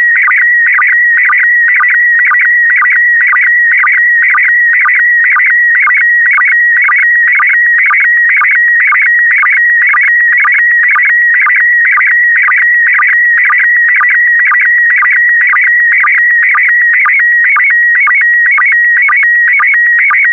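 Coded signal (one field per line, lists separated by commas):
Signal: SSTV (slow-scan television)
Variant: PD120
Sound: steady warbling tone, mostly near one pitch, with a low blip about twice a second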